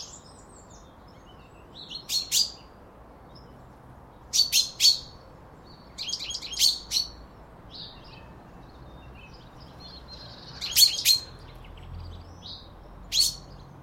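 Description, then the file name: Common chaffinch calls: sharp high clicking notes in several small clusters at irregular intervals, with quiet background. "Fringilla coelebs"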